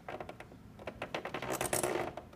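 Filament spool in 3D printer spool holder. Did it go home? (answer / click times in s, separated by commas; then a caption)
no / none. A filament spool is handled and fitted into its plastic holder on a Dremel 3D printer, giving a quick series of light plastic taps and rattles that grow louder and denser after about 1.1 seconds. The spool has not yet been twisted home, and nothing has locked into place by the end of the clip.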